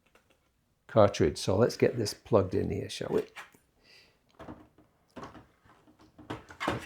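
Someone talks while lining up an aftermarket Brother drum unit, fitted with a new toner cartridge, at the opening of a new laser printer before inserting it. Light plastic handling knocks and rustles follow the speech. The drum unit has not seated or clicked into place yet.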